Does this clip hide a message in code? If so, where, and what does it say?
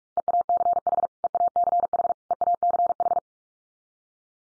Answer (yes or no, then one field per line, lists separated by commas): yes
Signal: Morse code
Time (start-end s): 0.2-3.2 s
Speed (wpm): 44 wpm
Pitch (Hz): 700 Hz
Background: none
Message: EACH EACH EACH